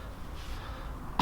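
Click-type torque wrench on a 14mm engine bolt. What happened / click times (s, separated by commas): The torque wrench clicked at its set torque / 1.2 s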